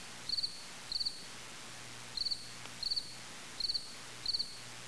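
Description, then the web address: Cricket giving high, pulsed chirps in pairs, each chirp a brief rapid burst, against faint low rumbling noise. "wetwired cricket"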